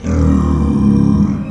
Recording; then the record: squeal of a Yucatan mini pig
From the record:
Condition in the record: after surgery on the right vocal fold (resection and tissue-engineered implant); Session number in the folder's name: 16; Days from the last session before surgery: 183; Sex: female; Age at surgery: 19 weeks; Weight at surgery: 25 kg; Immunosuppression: prednisolone